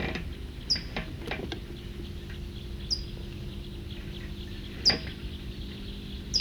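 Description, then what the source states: Rufous-sided Towhee giving four brief, high downward-slurred call notes at uneven intervals, with soft clicks and a steady background hum. Male and female pair calling and responding to each other.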